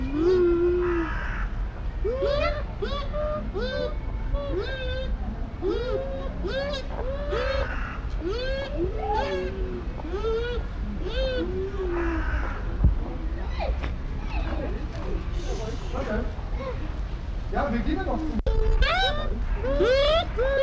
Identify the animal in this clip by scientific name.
Speothos venaticus